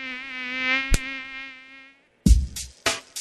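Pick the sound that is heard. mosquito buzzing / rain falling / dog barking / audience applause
mosquito buzzing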